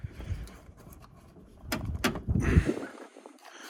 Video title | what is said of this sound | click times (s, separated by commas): Jeep Wrangler JL & JT 9 Inch LED Halo Headlights w/Start-up Animation Installation Video - AMOFFROAD | You'll hear it snap into place. | 1.7 s, 2.0 s